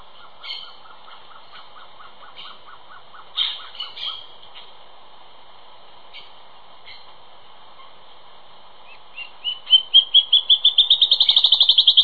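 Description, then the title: Band-tailed antbird singing a fast run of notes that climbs in pitch and accelerates toward the end. Earlier come sparse high calls and a soft, lower stuttering series. "LuckyPassaro Completos2Sama. Band-tailed Antbird (Hypocnemoides maculicauda)"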